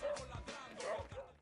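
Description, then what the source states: Dog barking, a few short barks. Dogs, more than one; recorded 5 July 2013 at 13:07:05.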